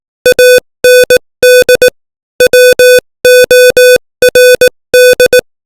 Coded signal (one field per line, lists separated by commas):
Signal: Morse code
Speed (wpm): 18 wpm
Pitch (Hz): 500 Hz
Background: none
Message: AND WORD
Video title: Morse Code 18 WPM : English Language